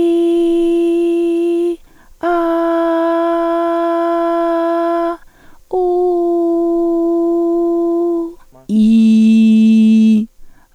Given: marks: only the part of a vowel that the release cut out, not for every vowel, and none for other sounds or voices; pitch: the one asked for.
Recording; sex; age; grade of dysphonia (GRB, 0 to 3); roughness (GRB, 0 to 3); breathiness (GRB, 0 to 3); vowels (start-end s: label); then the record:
sustained vowels; female; 40 to 49 years; 1; 0; 1
0.37-1.64 s: vowel /i/, high pitch
2.43-4.95 s: vowel /a/, high pitch
5.87-8.11 s: vowel /u/, high pitch
8.85-10.09 s: vowel /i/, low pitch
From the record:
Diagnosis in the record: hyperfunctional dysphonia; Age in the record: 47 years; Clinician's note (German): Ponogen